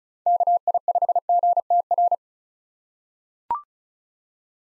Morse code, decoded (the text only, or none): KI5GTR